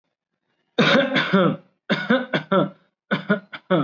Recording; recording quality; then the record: heavy voluntary cough; excellent, no background noise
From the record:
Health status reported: recovered from COVID-19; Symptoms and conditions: none ticked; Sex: male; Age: 25 years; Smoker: not ticked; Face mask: not worn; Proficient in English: yes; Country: India